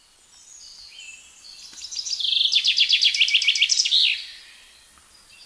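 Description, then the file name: Common chaffinch singing one bright phrase of quick repeated notes that ends in a brief flourish, after some fainter high notes. "Fringilla coelebs"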